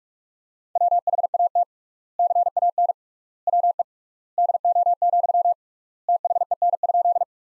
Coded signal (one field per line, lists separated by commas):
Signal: Morse code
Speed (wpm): 47 wpm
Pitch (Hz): 700 Hz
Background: none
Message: WHAT CAN WE DO, THEN?